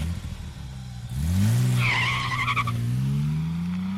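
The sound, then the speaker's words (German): A car engine roars up into a rising, steady drone as the car pulls away from a parking lot on Free Street, with a shrill tire squeal cutting in for about a second before the engine carries on alone. “Es war eine Abwechslung, mal einen Wagen mit der Erlaubnis des Besitzers zu fahren.”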